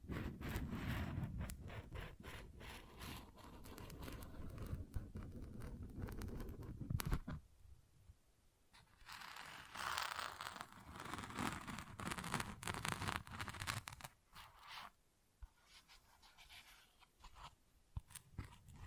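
Tapping and scratching on textured surfaces, with dense, rapid strokes and scrapes that are heavy and low-bodied for the first seven seconds. After that the sounds turn lighter and brighter, with quieter scratching, short pauses, and scattered sharp taps toward the end.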